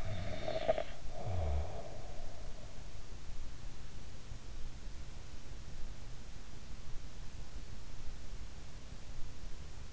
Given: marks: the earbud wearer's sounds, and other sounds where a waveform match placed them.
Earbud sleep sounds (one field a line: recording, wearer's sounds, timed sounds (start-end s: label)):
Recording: sounds in sleep by an in-ear microphone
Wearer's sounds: snoring breath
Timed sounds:
0.00-2.58 s: snoring breath